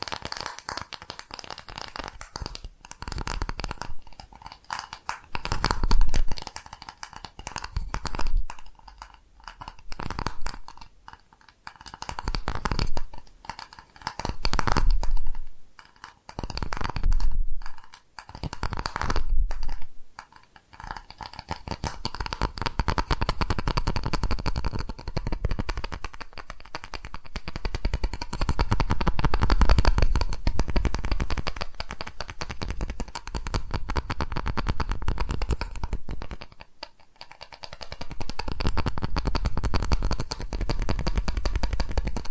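Bursts of crisp tapping and scratching in irregular clusters for twenty seconds, then a denser, steadier rustling texture with a brief pause near 37 seconds.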